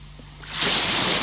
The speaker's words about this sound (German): Das Meer. Aha. Der Ozean.